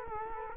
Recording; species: mosquito wingbeat signal from an infrared sensor; Culex quinquefasciatus